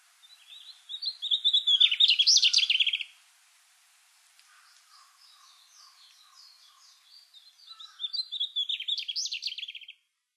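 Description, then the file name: Mugimaki flycatcher singing two bursts of rapid, high twittering phrases, separated by a quieter stretch of soft chattering notes. Recorded in Hyogo, Japan, on 5 May 2012. "mugimaki 120505 hyogo kaji"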